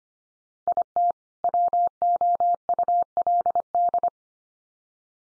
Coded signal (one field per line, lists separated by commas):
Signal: Morse code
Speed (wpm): 25 wpm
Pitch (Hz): 700 Hz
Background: none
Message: IT WOULD